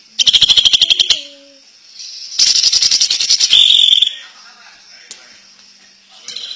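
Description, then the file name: Greater green leafbird song: rapid, rattling high trills in two bursts, the second ending in a clearer whistled note. Champion competition bird singing. "kicau cucak ijo juara"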